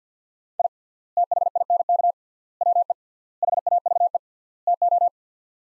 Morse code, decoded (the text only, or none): I THINK WE HAVE TO